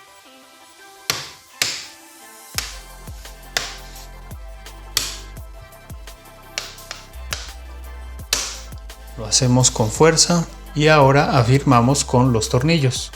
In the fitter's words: que se escuchen los clics y lo vamos cerrando